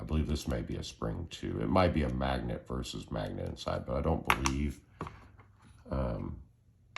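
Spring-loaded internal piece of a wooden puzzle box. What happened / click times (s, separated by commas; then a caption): The part is handled but not yet clearly seated / none. Someone talks while handling a wooden puzzle box with a spring-loaded internal piece, and a few short, light knocks and taps follow near the end. The internal piece has not clicked back into place yet.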